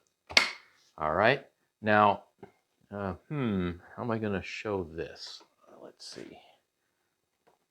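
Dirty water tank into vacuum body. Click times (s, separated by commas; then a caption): 0.4 s. The dirty water tank, which has metal water-detection prongs, is put back into the body of a Maircle F1 Smart Wet Dry Vacuum Cleaner and clicks into place with a sharp snap at 0.4 s. Someone then talks for the rest of the clip.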